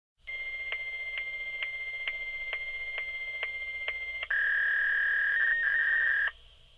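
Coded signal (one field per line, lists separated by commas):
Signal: fax machine handshake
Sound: buzzy warbling tone with regular clicks twice a second, then louder steady high tone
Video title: Fax tono de los datos (Efecto de Sonido) Fax data tone Sound Effect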